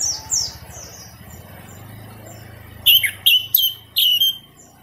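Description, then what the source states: Orange-headed thrush song: soft high descending whistles, then a loud burst of rich, ringing, slurred phrases near the end, over a low rumbling hum. Indonesian name anis merah; singing intensely and continuously, described with the bird-keeping song terms teler, gacor and dor.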